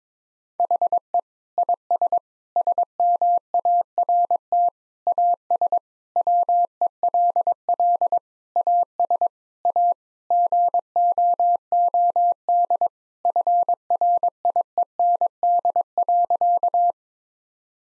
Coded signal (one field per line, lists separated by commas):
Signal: Morse code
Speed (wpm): 22 wpm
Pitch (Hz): 700 Hz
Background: none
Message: HE IS SMART AS WELL AS A GOOD FRIEND.